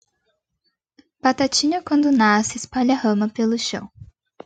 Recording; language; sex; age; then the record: short text; Brazilian Portuguese; female; 20 to 29 years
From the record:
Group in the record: control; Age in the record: 21 years